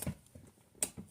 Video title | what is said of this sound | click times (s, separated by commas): Working on readjusting rear brakes on a 2016-22 Chevy spark | It's only one click to hold the whole car now. Love it. | 0.8 s